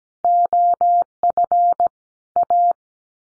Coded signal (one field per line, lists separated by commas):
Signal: Morse code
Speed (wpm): 17 wpm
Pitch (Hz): 700 Hz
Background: none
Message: OF A